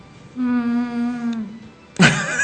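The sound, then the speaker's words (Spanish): A single long, steady cat meow lasting about a second, fairly loud, followed by a brief pause and then a sudden harsh noisy burst. “Perdón, pero, es que estoy discutiendo con el gato pato.”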